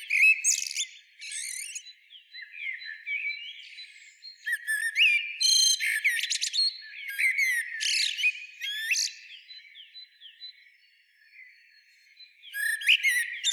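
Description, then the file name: Common blackbird singing a varied run of fluty warbles and scratchy high twittering notes in bursts, with a quieter stretch before a last loud phrase. "Turdus merula"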